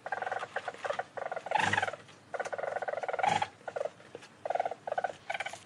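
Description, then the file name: Weasel pulsed trills in quick bursts, broken twice by louder, harsher squealing notes. "menyét"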